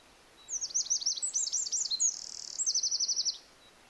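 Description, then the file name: Eurasian wren singing a brisk, high-pitched burst of tumbling trills with a short buzzy section and a closing rapid trill, about three seconds long. "Troglodytes troglodytes"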